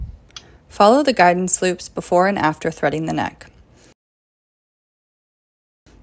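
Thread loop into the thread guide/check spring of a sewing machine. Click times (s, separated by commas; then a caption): 0.4 s. On a Pfaff industrial sewing machine, thread wound clockwise around a wheel has its loop pulled up into the thread guide and check (take-up) spring. A sharp click at 0.4 s marks the thread snapping into place, seated, and then someone talks.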